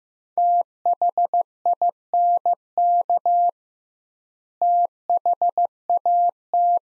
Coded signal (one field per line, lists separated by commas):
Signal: Morse code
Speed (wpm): 15 wpm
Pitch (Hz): 700 Hz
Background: none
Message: THINK THAT